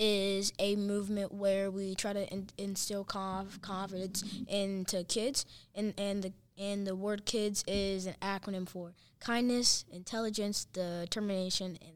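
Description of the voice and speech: A 10-year-old boy who stutters speaks in a clear, fairly high voice, with part-word and word repetitions ("in, instill," "conf, confidence," "and the, and the"), brief blocks and prolonged sounds before words. These disfluencies fit developmental stuttering.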